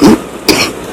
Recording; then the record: coughing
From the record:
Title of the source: 31 night wet cough